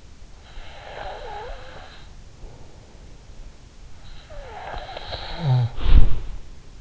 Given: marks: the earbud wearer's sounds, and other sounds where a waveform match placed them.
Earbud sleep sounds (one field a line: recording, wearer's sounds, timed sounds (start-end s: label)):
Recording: sounds in sleep by an in-ear microphone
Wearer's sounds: breath, body movement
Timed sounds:
0.36-2.48 s: breath
3.62-5.97 s: breath
5.59-6.74 s: body movement